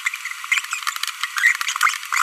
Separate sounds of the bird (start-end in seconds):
0.52-0.59, 1.37-1.56